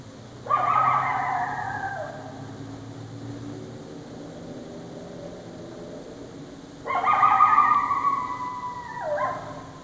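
Coyote gives two harsh bark-howls separated by a pause, the second falling and ending in a short dip.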